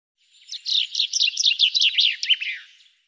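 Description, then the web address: Bird song, a rapid jumble of high chirps and sweeping twitters lasting over two seconds, with silence around it. "Deverinetal 2025 File cleaned normalized Bird Fr Co"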